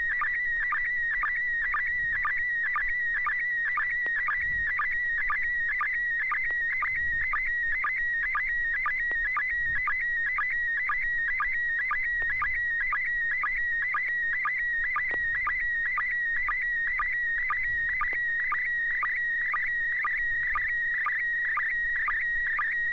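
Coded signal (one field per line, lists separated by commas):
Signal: SSTV (slow-scan television)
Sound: steady warbling tone near 1.9 kHz with regular short low chirps, about two per second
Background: low hum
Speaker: Yeah, I have a photo. Um, it's good to hear you, uh, Chris. I think you're, uh, George's, uh, son, so it's good to hear you on the net. Um, welcome. So, this is going to be, uh,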